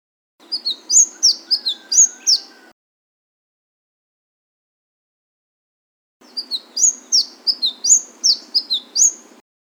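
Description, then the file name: Flame-breasted Sunbird: high, sharp, down-slurred chirping notes in quick succession, given in two short bursts separated by silence. "suara kicauan burung madu matari. omkicau"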